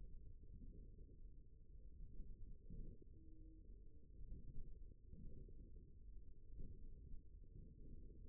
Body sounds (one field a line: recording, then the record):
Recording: forearm muscle sounds (acoustic myography)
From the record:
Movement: forearm pronation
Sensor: system 1, eight BSWA MPA416 microphones around the upper forearm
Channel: 1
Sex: male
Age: 54 years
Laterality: right